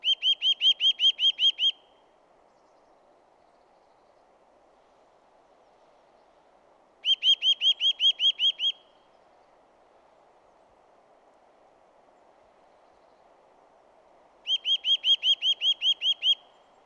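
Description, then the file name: Eurasian nuthatch calling in fast series of about ten ringing, down-slurred notes, each burst repeated roughly every seven seconds over faint low background noise. "Sitta europaea"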